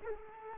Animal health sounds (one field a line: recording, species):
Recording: mosquito wingbeat signal from an infrared sensor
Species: Culex quinquefasciatus